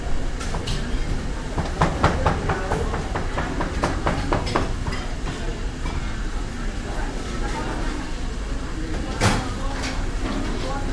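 A Chinatown street in Kuala Lumpur with a steady low rumble of traffic, rapid clattering knocks early on, scattered voices and a sharp bang near nine seconds.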